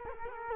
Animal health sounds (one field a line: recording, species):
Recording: mosquito wingbeat signal from an infrared sensor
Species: Culex quinquefasciatus